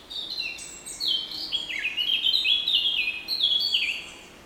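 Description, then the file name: Eurasian blackcap song: a rich, rapid warbling phrase of quick high notes, some dropping sharply, running for around four seconds before fading. "Sylvia atricapilla"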